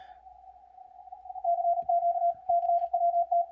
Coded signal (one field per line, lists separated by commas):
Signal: Morse code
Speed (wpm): 40 wpm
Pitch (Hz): 690 Hz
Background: radio noise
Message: CQ CWT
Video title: Guided CWT VIDEO